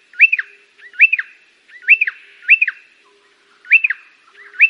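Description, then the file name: Pardalote song of rising-then-falling whistled two-note phrases, repeated about once a second. "canto do pardalote"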